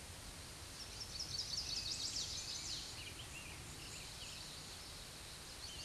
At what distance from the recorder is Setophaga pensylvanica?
about 45 m